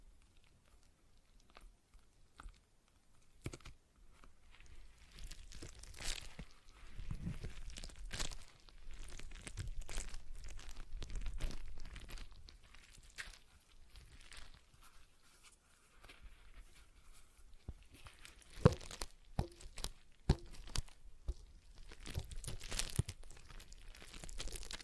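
A stress ball is squeezed and worked over and over, giving dense crinkling, crunching and squishing noises that come in irregular bursts. Activity builds from sparse clicks in the first seconds to busier stretches, with a few sharper snaps near the end.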